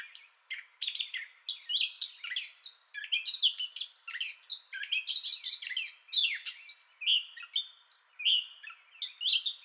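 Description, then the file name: Gray catbird song as a dense, nonstop stream of scratchy chatter, whistles and squeaks, constantly changing in pitch and tone. Entire song bout, 30 May 2021. "2021-05-30 Gray Catbird Entire Song Bout"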